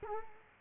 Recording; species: mosquito wingbeat signal from an infrared sensor; Culex quinquefasciatus